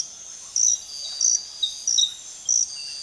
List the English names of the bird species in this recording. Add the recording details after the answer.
Russet-backed Oropendola. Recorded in dense forest near Puerto Asís, Putumayo, Colombia, on 21 February 2024 at 06:00. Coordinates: 0.502, -76.326. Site G6460